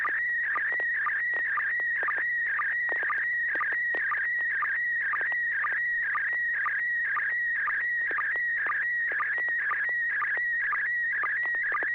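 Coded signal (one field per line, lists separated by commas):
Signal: SSTV (slow-scan television)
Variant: PD120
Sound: warbling, buzzy tone shifting in pitch, with short low sync chirps about twice a second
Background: low steady hum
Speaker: all right this should be uh PD 120 here we go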